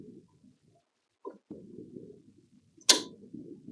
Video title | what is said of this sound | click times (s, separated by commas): Bernette Embroidery Part 1: Embroidery Basics | and i heard it pop it is now secure | 2.9 s